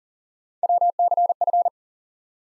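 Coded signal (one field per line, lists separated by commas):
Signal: Morse code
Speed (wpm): 40 wpm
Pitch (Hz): 700 Hz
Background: none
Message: WCF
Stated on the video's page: Morse head-copy drill of ARRL section abbreviations used in Field Day exchanges, at 40 wpm, each sent, then spoken, then sent again.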